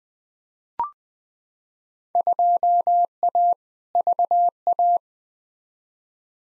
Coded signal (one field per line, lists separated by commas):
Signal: Morse code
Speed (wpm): 20 wpm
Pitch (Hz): 700 Hz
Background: none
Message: 2A VA